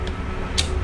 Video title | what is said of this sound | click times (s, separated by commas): WHAT is a SERVER COMMS ROOM? - Server Room Tour and Full Explanation | goes into the groove and clicks into place. | 0.1 s